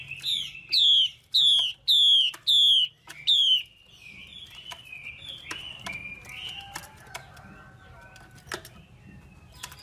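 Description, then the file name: Chinese hwamei call: five loud downslurred whistles delivered evenly, then a quieter stretch of soft twitters and faint thin notes. Female hwamei calling, a sound used to stimulate or excite male birds. "Tieng chim hoa mi mai kich trong"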